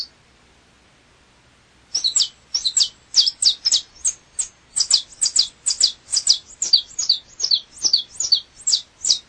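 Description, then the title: Double-collared seedeater singing: after a brief note and nearly two seconds of quiet, a fast series of high, clipped notes begins and keeps a steady, slightly uneven beat to the end. "Canto Coleiro"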